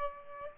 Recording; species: mosquito wingbeat signal from an infrared sensor; Aedes albopictus